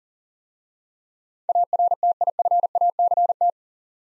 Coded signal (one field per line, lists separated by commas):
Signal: Morse code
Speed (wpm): 40 wpm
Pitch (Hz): 700 Hz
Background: none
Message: ARTIFACT